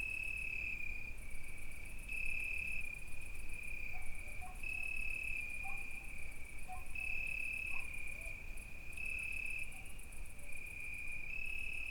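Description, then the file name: Crickets singing a constant high trill with rhythmic pulsed bursts, plus a few faint short tones in the middle and a low rumble. Night crickets at Izgrev, Bulgaria. "Noshti shturci i koteto Petrova (s Izgrev)"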